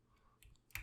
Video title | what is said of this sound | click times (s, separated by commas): Nemesis Reviews Transformers Studio Series 86 Slug & Daniel Witwicky | click it a place rotate 180 | 0.8 s